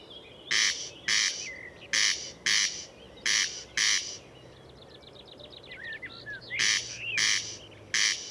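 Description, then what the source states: Corn crake calling, repeated paired rasping crex notes, pausing briefly while another bird gives a fast trill and whistles, then resuming. Murnauer Moos, Germany, 29 May 2014.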